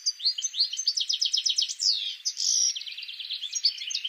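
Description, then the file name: European goldfinch giving a rapid run of tinkling, repeated notes, then a slurred buzzy phrase and further liquid twitters. "Carduelis carduelis"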